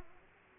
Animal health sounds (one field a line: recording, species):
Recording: mosquito wingbeat signal from an infrared sensor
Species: Aedes aegypti